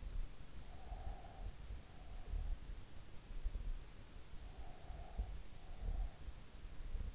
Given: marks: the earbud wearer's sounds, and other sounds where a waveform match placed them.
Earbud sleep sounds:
sounds in sleep by an in-ear microphone; breath
0.37-2.21 s: breath
4.22-6.15 s: breath

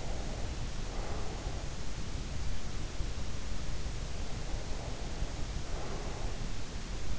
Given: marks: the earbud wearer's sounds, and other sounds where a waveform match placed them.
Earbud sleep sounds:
sounds in sleep by an in-ear microphone; breath
0.00-1.57 s: breath
4.67-6.37 s: breath

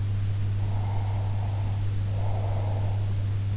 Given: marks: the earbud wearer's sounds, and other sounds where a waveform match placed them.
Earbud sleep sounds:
sounds in sleep by an in-ear microphone; breath
0.61-3.13 s: breath

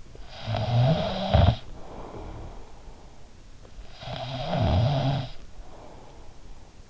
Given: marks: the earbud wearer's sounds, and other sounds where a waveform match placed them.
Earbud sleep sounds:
sounds in sleep by an in-ear microphone; snoring breath
0.13-2.85 s: snoring breath
3.85-6.90 s: snoring breath

